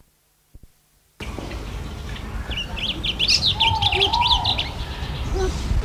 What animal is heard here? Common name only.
Blue Grosbeak